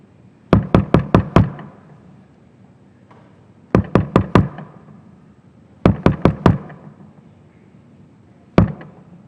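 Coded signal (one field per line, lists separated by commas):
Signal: tap code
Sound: hard knocks on a wooden surface in groups: five, five, four, then one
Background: room ambience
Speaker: I want to close by using the TAP code, the way Sam and his fellow prisoners used to communicate without talking. It's a 5x5 matrix, 25 letters. It omits the K.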